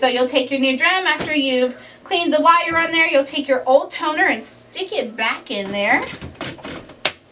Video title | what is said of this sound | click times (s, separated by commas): Brother HL 3075cw - Onyx Imaging - Tulsa Printer Repair - How to Replace And Reset Drum | Once you hear it click, then you know it's in there. | 7.1 s